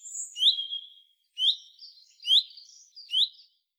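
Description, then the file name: Common chaffinch uttering four upward-flicked notes in under four seconds. "Fringilla coelebs"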